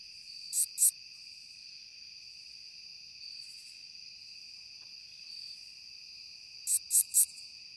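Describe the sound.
Curve-tailed bush katydid song: two short, high buzzy lisps, faint softer ones midway, then a group of three, over steady shrill insect drones.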